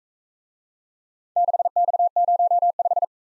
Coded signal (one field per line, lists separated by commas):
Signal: Morse code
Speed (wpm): 44 wpm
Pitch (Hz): 700 Hz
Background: none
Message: 6X05